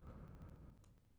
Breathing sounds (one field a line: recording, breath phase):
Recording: one breath near a microphone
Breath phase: exhalation